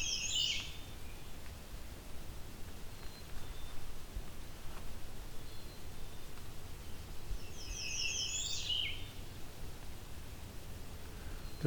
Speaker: as you can hear, this is also good habitat for American redstart.